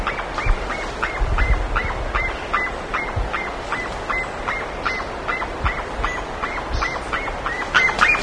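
Repeated bird calls, clipped arched notes coming in a fast even series without pause, with constant noise beneath and occasional low knocks.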